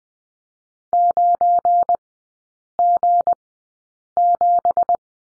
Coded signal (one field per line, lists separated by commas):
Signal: Morse code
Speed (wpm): 20 wpm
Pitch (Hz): 700 Hz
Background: none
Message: 9G7